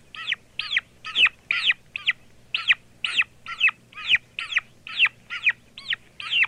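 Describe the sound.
Turkey chicks giving steady high peeps, about two per second, each note a sharp downslurred chirp, continuing without pause.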